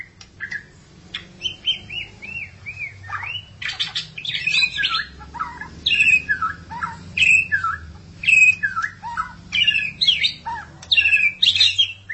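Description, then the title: Magpie-robin or shama song: short, complex phrases of whistles and buzzy notes repeated about every second, bright and high. "BM Suara Burung Murai"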